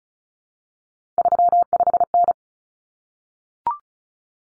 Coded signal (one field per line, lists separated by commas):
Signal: Morse code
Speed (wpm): 34 wpm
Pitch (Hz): 700 Hz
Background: none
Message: 35N